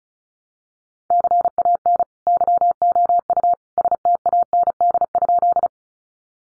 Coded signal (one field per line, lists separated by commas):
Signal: Morse code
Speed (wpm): 34 wpm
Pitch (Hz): 700 Hz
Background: none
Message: CAN YOU STAND?